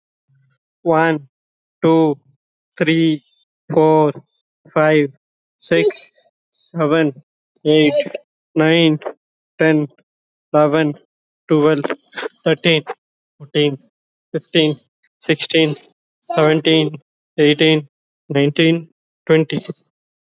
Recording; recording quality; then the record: counting at a normal pace; excellent, no background noise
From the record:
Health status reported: healthy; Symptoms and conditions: none ticked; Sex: male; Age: 19 years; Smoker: not ticked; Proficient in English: yes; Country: India